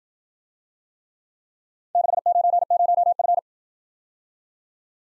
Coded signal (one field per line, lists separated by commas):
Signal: Morse code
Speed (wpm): 56 wpm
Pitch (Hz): 700 Hz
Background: none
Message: 690F